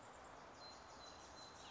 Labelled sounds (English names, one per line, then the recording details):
Chestnut-backed Chickadee
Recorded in Sonoma County, California